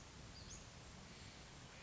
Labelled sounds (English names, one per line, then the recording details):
Western Flycatcher
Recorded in Sonoma County, California